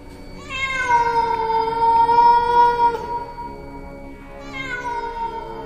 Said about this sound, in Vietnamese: Một cái tiếng kêu ghê rợn vang lên làm cho cô lạnh hết cả người. Cái tiếng kêu này nó là một cái thứ tiếng kêu quái dị, khào khào từ cổ họng. Trong thoáng chốc, Hồng Ngọc nhận ra ấy là tiếng kêu của một con mèo.